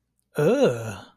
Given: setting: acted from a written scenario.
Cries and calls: vocal sound without words; disgust

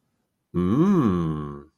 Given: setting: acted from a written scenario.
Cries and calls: vocal sound without words; desire

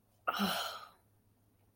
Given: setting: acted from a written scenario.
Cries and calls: vocal sound without words; embarrassment

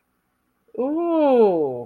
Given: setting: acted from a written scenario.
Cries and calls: vocal sound without words; realization

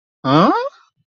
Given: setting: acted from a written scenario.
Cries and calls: vocal sound without words; confusion

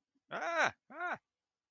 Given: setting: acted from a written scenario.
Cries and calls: vocal sound without words; distress

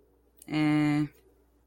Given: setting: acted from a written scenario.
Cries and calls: vocal sound without words; neutral

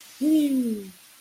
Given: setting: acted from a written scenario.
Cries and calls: vocal sound without words; contentment

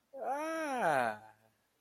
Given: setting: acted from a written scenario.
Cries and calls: vocal sound without words; positive surprise

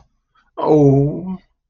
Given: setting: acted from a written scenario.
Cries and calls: vocal sound without words; adoration

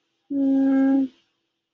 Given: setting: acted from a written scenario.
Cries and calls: vocal sound without words; shame

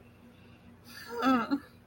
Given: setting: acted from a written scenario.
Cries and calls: vocal sound without words; sadness

